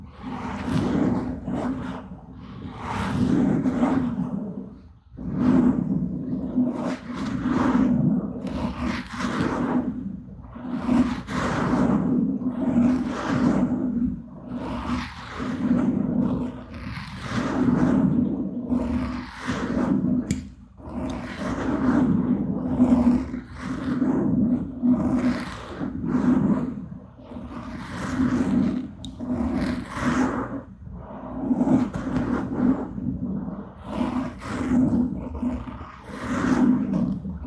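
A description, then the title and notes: Mouth sounds fill the clip: a continuous low, growling hum that swells and dips, almost like an animal roar, with brief gaps near five and twenty seconds. Frequent short scratchy clicks and taps cut through it at an irregular, busy pace. Mouth Sounds, Mic Scratching, Wood Tapping.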